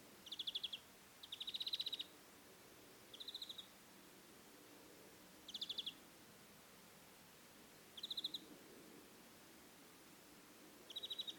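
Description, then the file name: European greenfinch giving twittering trills, short bursts of fast repeated notes every few seconds, one longer rattling run near the start, over quiet steady hiss. "Chloris chloris"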